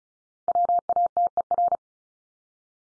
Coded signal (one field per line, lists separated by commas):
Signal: Morse code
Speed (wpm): 34 wpm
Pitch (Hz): 700 Hz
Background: none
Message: WATER